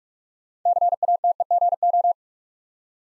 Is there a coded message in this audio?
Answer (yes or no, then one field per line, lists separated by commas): yes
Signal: Morse code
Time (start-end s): 0.7-2.1 s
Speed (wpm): 44 wpm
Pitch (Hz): 700 Hz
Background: none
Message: CATEGO